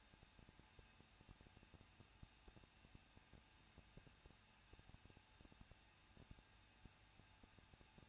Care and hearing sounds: daily activity, microphone in the room; no activity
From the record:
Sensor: 2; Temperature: 21.0 degrees Celsius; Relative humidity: 37.3%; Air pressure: 1006.2 hPa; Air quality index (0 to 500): 221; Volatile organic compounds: 23 ppm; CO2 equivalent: 2795 ppm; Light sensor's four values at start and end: 2/3/2/2 and 2/3/2/2

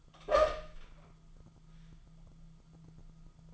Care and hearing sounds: daily activity, microphone in the room; open door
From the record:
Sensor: 5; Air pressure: 1005.1 hPa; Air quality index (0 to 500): 96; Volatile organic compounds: 2 ppm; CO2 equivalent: 1170 ppm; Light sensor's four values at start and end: 35/82/33/32 and 35/81/33/32

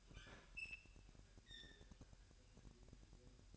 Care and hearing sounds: daily activity, microphone in the room; open fridge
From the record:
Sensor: 2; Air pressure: 1001.8 hPa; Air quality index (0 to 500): 244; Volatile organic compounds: 34 ppm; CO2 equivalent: 3035 ppm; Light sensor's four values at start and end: 8/28/11/10 and 9/28/11/10

